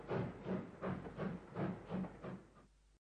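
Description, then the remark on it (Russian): A steam locomotive chuffs as it pulls a train away, with rhythmic bursts of hissing steam about every half second over a low rumble, steady and fairly loud before cutting off. “Паровоз засвистел, зашипел, вздрогнул и тронулся. Застучали колеса, наматывая метры, и увозя Сашку все дальше и дальше от дома, от тети Тони и от Борьки.”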